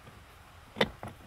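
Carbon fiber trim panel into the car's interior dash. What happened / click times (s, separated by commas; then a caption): Trim panel snapped partly in, not yet flush / 0.8 s. A rare blue carbon fiber interior trim panel is pushed, tab first, into the interior dash of an Audi A4, A5, S4, S5, Q5 or SQ5 (2009–2016 B8/B8.5), making a sharp hit at 0.8 s followed by a fainter tap at 1.0 s. The panel is in but only almost flush, not yet fully pressed down.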